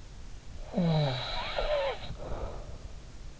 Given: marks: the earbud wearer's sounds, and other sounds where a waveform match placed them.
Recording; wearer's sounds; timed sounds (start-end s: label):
sounds in sleep by an in-ear microphone; snoring breath
0.73-3.13 s: snoring breath